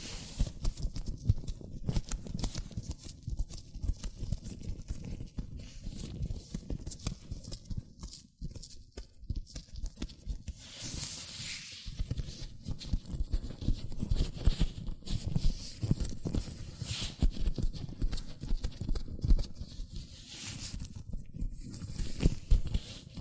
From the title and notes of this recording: ASMR Latex Gloves Hand Sounds (No Talking).